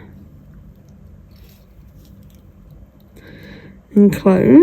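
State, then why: Not seated. An open metal jump ring is hooked onto a bracelet clasp and positioned with pliers before closing, making only faint, small handling noises over a low background. Near the end, someone talks loudly. Nothing has clicked yet; the jump ring is still open.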